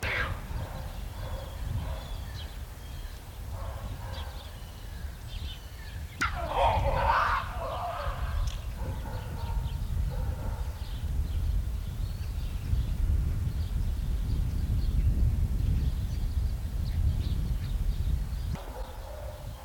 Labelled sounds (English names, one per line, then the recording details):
Gelada
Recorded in captivity
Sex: pair
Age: adult
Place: Tierpark Berlin, Berlin, DE
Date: 1993-12-18 13:15
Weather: bedeckt, 2°C
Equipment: Marantz CP 430, Sennheiser MKH 416 T, Kopie Uher Variocord 263
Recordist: Tembrock, Günter
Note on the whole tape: Lautfolgen von Männchen und Weibchen